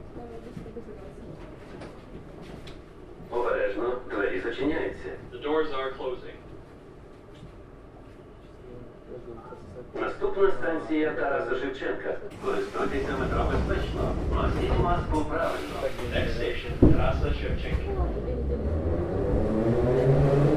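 Inside a metro train carriage, a man's voice speaks in bursts around 3–6 and 10–12 seconds over a low, steady rumble. From about 12.5 seconds the train noise swells into a loud, deep roar with rattling, and speech continues over it.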